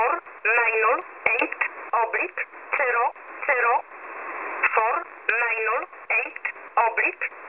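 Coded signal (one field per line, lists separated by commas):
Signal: numbers station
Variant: E11 Oblique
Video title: E11 Oblique 22/10/2023 0700 UTC 9079kHz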